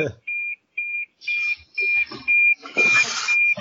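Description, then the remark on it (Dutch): A high, steady electronic alarm beeps repeatedly in even pulses, about seven short tones, while a jumble of voices and clatter grows louder underneath. “Brandalarm.”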